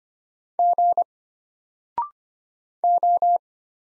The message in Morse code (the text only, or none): G O